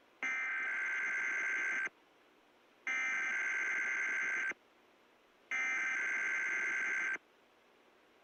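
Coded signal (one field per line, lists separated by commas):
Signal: Emergency Alert System (SAME) tones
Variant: header bursts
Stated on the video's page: Required Weekly Test captured off an AM station.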